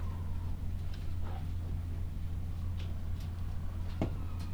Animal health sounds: poultry house recording; healthy chickens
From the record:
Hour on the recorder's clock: 12

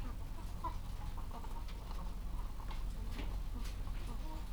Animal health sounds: poultry house recording; sick chickens (respiratory disease)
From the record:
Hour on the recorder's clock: 14

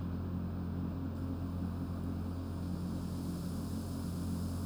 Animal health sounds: poultry house recording; no chicken sound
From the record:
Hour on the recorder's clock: 21

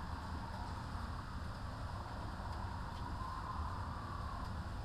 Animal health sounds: poultry house recording; healthy chickens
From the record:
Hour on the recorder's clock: 13

